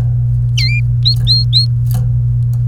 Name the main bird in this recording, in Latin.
Serinus canaria